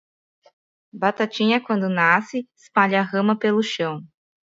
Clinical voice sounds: short text; Brazilian Portuguese; female; 30 to 39 years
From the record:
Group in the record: control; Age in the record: 33 years

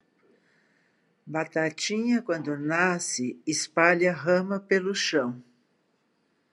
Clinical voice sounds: short text; Brazilian Portuguese; female; 70 to 79 years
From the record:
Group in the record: control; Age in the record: 71 years

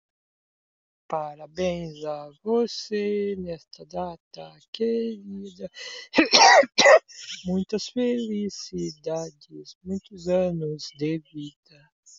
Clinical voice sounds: short text; Brazilian Portuguese; male; 40 to 49 years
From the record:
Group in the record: control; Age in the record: 43 years

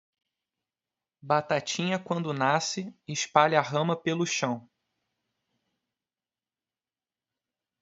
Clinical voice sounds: short text; Brazilian Portuguese; male; 20 to 29 years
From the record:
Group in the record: control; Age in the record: 28 years

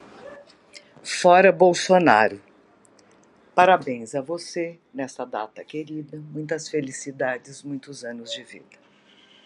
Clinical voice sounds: short text; Brazilian Portuguese; female; 60 to 69 years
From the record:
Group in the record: control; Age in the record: 60 years

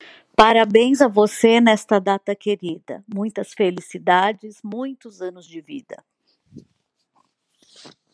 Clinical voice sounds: short text; Brazilian Portuguese; female; 50 to 59 years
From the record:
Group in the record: control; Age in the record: 51 years

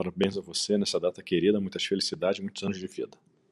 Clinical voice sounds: short text; Brazilian Portuguese; male; 50 to 59 years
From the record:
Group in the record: control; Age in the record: 53 years

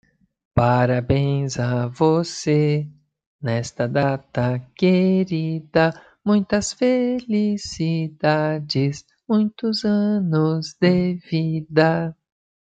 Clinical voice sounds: short text; Brazilian Portuguese; male; 50 to 59 years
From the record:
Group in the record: control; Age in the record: 55 years

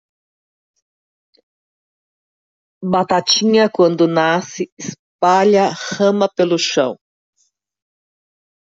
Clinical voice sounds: short text; Brazilian Portuguese; female; 60 to 69 years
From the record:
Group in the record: control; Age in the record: 62 years

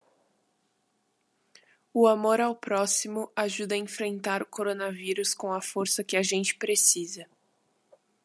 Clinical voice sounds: spoken sentence; Brazilian Portuguese; female; 18 to 19 years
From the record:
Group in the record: control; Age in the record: 18 years

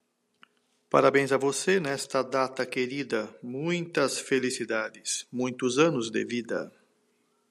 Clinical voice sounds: short text; Brazilian Portuguese; male; 60 to 69 years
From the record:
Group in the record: control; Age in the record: 63 years

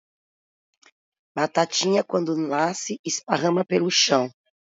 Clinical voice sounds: short text; Brazilian Portuguese; female; 40 to 49 years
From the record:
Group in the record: control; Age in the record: 44 years

